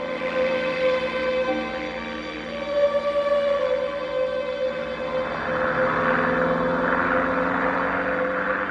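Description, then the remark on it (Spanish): Dennis's small propeller airplane drones steadily on an inspection flight over the savanna, its buzzing engine tone wavering slightly in pitch and swelling a little louder in the second half as it flies past. No voices. “La sombra del avión de Dennis se proyecta en la hierba de la sabana. Dennis hace un vuelo de inspección.”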